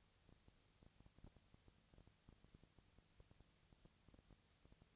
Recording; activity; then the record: daily activity, microphone in the room; no activity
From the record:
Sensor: 3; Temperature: 20.6 degrees Celsius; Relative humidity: 35.7%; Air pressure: 998.8 hPa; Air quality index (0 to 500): 235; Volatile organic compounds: 71 ppm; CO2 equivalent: 3525 ppm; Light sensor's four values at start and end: 2/3/2/2 and 2/3/2/2